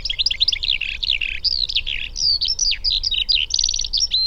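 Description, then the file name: Eurasian skylark singing a quick medley of twittering notes and fast trills, finishing on a thin, steady high whistle. "alauda arvensis"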